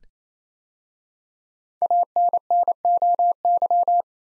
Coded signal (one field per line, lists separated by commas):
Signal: Morse code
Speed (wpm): 27 wpm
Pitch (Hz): 700 Hz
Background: none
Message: ANNOY